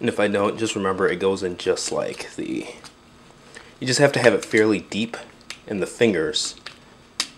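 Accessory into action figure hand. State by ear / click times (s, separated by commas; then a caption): seated / 7.2 s. Someone talks while an accessory is set fairly deep into the fingers of a plastic Badcube Old Timer Series 04 Wardog action figure's hand. At 7.2 s the fist snaps closed around it with a sharp click, pegging into the inside of the palm and locking the accessory in place.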